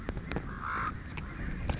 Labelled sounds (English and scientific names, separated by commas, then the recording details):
Common Raven (Corvus corax)
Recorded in Sonoma County, California